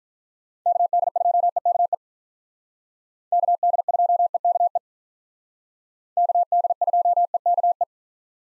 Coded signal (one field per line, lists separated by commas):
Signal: Morse code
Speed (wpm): 45 wpm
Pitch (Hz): 700 Hz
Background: none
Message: KD2EKE KD2EKE KD2EKE